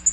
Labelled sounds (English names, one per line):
Black-throated Green Warbler flight call